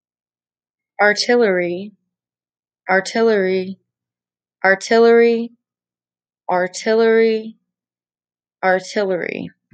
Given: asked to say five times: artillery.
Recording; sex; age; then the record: repeated word; female; 20 to 29 years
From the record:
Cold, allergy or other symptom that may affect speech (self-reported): no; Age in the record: 26 years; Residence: Texas, United States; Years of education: 13